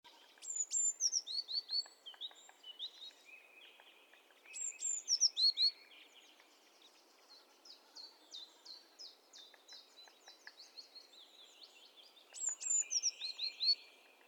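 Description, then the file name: Eurasian blue tit: thin, high notes sliding downward into short trilled runs, in three bursts with quieter twittering between them. "Cyanistes caeruleus"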